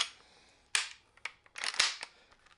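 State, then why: Seated. With the bolt release held down, the removable trigger group assembly of a Retay Masai Mara 12-gauge shotgun is pushed back into the receiver. It seats with a sharp metallic click at 0.8 s, followed by a few lighter clicks and rattles of handling. The trigger group is seated in the receiver.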